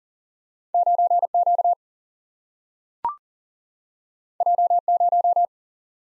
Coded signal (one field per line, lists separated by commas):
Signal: Morse code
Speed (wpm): 38 wpm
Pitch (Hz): 700 Hz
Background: none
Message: 9 Q J 0